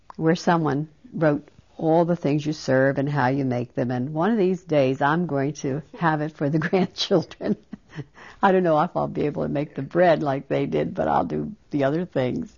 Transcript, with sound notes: where someone wrote all the things you serve and how you make them, and one of these days I'm going to have it for the grandchildren. (She laughs.) I don't know if I'll be able to make the bread like they did, but I'll do the other things.